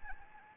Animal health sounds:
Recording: mosquito wingbeat signal from an infrared sensor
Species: Anopheles gambiae

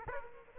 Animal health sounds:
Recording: mosquito wingbeat signal from an infrared sensor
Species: Aedes aegypti

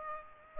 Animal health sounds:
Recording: mosquito wingbeat signal from an infrared sensor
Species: Aedes aegypti

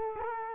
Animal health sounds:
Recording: mosquito wingbeat signal from an infrared sensor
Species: Culex quinquefasciatus

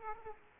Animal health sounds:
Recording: mosquito wingbeat signal from an infrared sensor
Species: Aedes aegypti

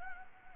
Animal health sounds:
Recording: mosquito wingbeat signal from an infrared sensor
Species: Anopheles arabiensis

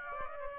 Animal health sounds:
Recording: mosquito wingbeat signal from an infrared sensor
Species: Aedes aegypti

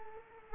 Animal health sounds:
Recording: mosquito wingbeat signal from an infrared sensor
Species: Culex quinquefasciatus

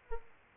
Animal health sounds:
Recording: mosquito wingbeat signal from an infrared sensor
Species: Aedes aegypti

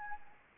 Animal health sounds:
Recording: mosquito wingbeat signal from an infrared sensor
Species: Anopheles arabiensis

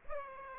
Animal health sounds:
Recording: mosquito wingbeat signal from an infrared sensor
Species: Aedes aegypti

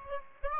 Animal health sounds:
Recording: mosquito wingbeat signal from an infrared sensor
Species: Aedes aegypti

